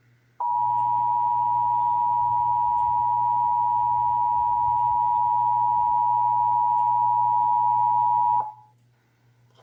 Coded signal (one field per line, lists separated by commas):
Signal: Emergency Alert System (SAME) tones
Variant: 853 and 960 Hz attention tone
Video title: (EAS #786-793) January 2025 Texas Required Monthly Test